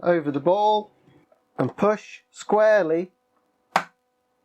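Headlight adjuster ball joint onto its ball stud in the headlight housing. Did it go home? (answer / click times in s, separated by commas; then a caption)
yes / 3.8 s. Someone talks while the plastic push-fit ball joint of a headlight adjuster is placed over its ball stud in the headlight housing and pushed squarely. A single sharp snap is heard at 3.8 s as the ball joint seats onto the ball.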